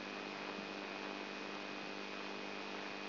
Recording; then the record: brain microelectrode recording played as sound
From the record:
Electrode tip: inside the subthalamic nucleus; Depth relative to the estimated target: 2 mm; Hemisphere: right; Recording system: AlphaMap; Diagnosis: Parkinson's disease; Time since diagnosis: 12 years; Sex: female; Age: 59 years